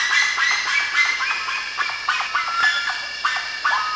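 Bird calls, harsh notes repeated rapidly in short bursts.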